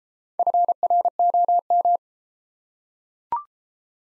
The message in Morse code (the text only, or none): FROM